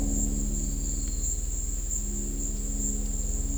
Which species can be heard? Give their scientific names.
none